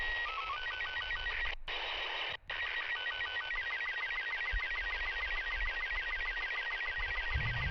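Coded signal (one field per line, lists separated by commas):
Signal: SSTV (slow-scan television)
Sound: noisy warbling tone in a fast repeating rhythm, with short low blips between lines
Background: radio static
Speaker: April the 3rd, I was finally able to download some images, although one can discuss the quality of my reception.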